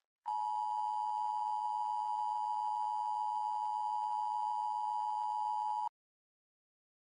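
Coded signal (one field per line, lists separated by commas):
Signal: Emergency Alert System (SAME) tones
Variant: 853 and 960 Hz attention tone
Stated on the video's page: Fan-made EAS screen test that may contain valid or invalid tones.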